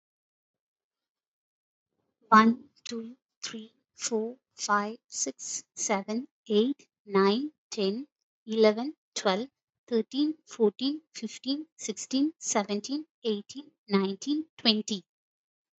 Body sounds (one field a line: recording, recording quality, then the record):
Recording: counting at a normal pace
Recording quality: excellent, no background noise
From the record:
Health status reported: healthy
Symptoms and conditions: none ticked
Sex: female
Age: 36 years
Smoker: not ticked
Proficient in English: yes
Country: India